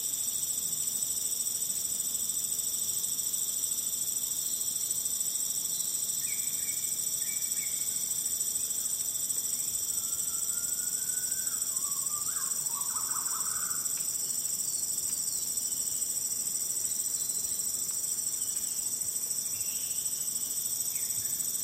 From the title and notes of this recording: Lazy afternoon in Borneo. It's a calm day at Maliau Basin in Sabah, Malaysia. The dawn chorus is a distant memory and birds seem to be calling for the sheer pleasure of it. Insects dominate the soundscape though with their loud and constant chorus.